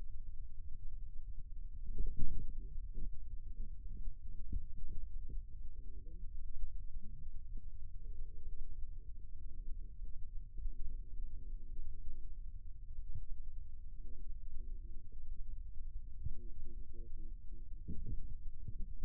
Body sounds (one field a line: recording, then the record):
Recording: forearm muscle sounds (acoustic myography)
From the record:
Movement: rest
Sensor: system 2, bracelet of six BSWA MPA416 microphones around the upper forearm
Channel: 2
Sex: male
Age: 22 years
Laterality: right